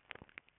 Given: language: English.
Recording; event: throat vibration sensor signal played as sound; swallow